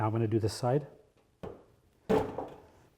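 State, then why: Not seated. Someone talks while handling the end of a U-bend LED tube at a fixture lamp socket, followed by two short knocking handling sounds near 1.4 and 2.1 seconds. The tube end has not seated or clicked into its socket yet.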